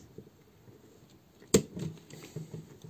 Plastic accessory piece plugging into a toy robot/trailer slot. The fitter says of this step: there's a click as these come in you can see